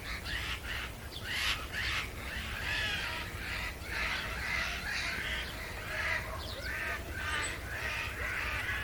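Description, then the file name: Eurasian jay calls, a run of many rasping, scratchy bursts following one another without pause for nearly nine seconds, with a low rumble underneath. "Garrulus glandarius"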